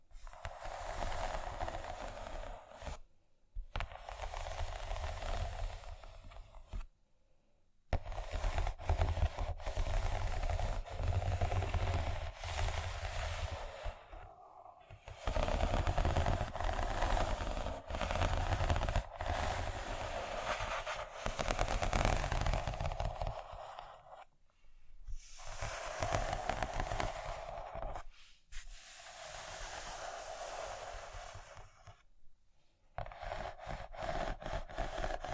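Dense, gritty scratching runs in long bursts of several seconds, a rough rapid rasp with a low rumble beneath. Short silent gaps break it up near 3, 7, 15, 24, 28 and 32 seconds, and the intensity rises and falls between bursts.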